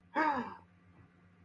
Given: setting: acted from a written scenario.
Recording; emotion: vocal sound without words; negative surprise